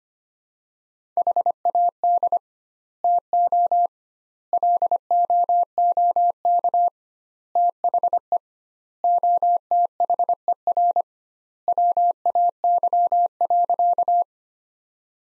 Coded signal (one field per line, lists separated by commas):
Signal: Morse code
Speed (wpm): 25 wpm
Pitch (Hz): 700 Hz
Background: none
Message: HAD TO LOOK THE OTHER WAY.